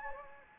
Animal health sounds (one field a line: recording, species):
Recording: mosquito wingbeat signal from an infrared sensor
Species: Anopheles gambiae